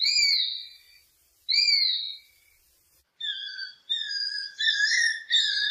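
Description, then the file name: Hawk: two long, loud screams, followed by a series of rougher, wavering harmonic calls. Hawk calling while hunting prey. "Tieng dieu hau san moi"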